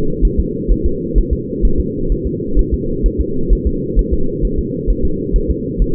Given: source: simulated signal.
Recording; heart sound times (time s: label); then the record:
fetal heart sounds
0.25 s: S1
0.40 s: S2
0.72 s: S1
0.86 s: S2
1.18 s: S1
1.33 s: S2
1.65 s: S1
1.80 s: S2
2.12 s: S1
2.27 s: S2
2.59 s: S1
2.74 s: S2
3.06 s: S1
3.20 s: S2
3.53 s: S1
3.67 s: S2
3.99 s: S1
4.13 s: S2
4.45 s: S1
4.59 s: S2
4.90 s: S1
5.05 s: S2
5.36 s: S1
5.51 s: S2
5.82 s: S1
From the record:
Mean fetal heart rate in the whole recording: 130 bpm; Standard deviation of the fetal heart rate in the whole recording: 2 bpm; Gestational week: 36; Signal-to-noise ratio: -8.1 dB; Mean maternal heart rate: 72 bpm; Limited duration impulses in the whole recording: absent